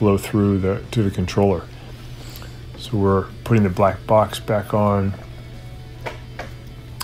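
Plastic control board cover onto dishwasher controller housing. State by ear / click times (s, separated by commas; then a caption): seated / 7.0 s. Someone talks while the black plastic control box cover is pushed back onto a dishwasher's controller housing during a no-power repair, so power can flow to the controller again. A sharp, short click is heard at 7.0 s as the cover's three tabs engage and it snaps into place, seated.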